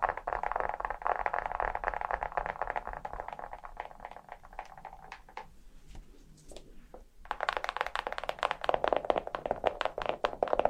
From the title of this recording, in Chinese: 指甲敲击